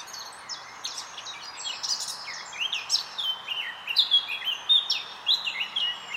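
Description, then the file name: Eurasian blackcap song, a lively jumble of fast rising and falling high notes, growing louder toward the end. "Sylvia atricapilla"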